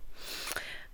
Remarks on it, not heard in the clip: That sound in the background is my dog, by the way. A little sneeze.